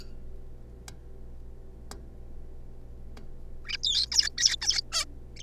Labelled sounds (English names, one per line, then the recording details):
Zebra Finch
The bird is a juvenile
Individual R3549